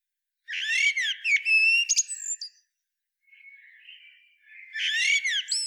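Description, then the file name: Eurasian blackbird gives a warbled phrase capped by high thin notes, then a soft, quiet twitter, then another warbling phrase begins. "Turdus merula"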